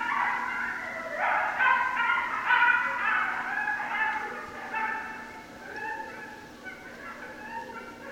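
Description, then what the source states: Coyote chorus of excited yips and quavering howls, loudest early then tapering to scattered calls toward the end. Recorded 6 January 2013; several coyotes.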